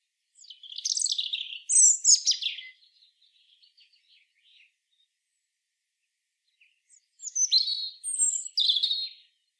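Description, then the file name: European robin song: a high, sweet warbling phrase of trills and thin whistles, a long pause, then a second tumbling phrase with sharp rising and falling notes. "Erithacus rubecula"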